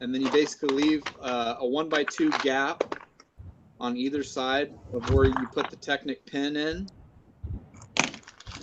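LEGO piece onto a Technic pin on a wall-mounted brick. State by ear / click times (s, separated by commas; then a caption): not seated / none. A LEGO Technic brick is screwed into a wall, with a 1x2 gap on either side of the Technic pin, and a LEGO piece is being handled toward that pin. Someone talks throughout, with a few brief handling clicks and taps, the sharpest near 8.0 s. The piece has not seated or clicked onto the pin yet.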